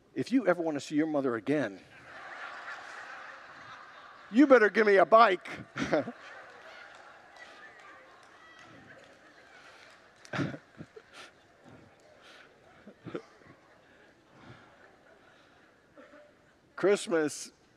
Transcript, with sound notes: if you ever want to see your mother again”… [congregants laugh] “you’d better give me a bike.” [Congregants laugh] Christmas